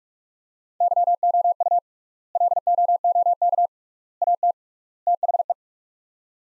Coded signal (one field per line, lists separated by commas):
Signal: Morse code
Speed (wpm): 46 wpm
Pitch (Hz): 700 Hz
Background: none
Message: YOU LOOK AT THE